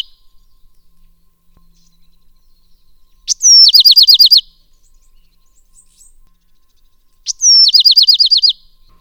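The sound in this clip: Bewick's wren song: two phrases a few seconds apart, each a sharp opening note and then a fast, even trill of several bright notes, in otherwise quiet surroundings.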